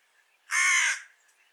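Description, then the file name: Carrion crow giving a single harsh, drawn-out caw lasting about half a second against a quiet background. "Corvus corone"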